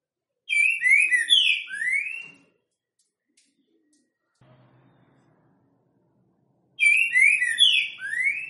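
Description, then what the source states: Green-winged saltator song, a loud whistled phrase of slurred notes ending in a rising whistle, given twice about six seconds apart with a faint low rumble between. Loud song in boiadeiro style, used to warm up or stimulate other birds of the species.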